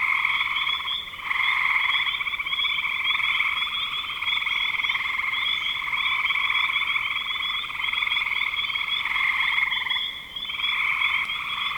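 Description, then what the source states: Frogs calling in a dense chorus, overlapping pulsed trills running almost without break, with brief dips near one and ten seconds. Spring 2025.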